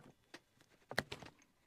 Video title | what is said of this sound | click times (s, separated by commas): Installing 450w portable solar panels on my Northern Lite 10.2 and completing some other jobs. E172 | Put the male inside the female. And listen to it click again, guys. | 1.0 s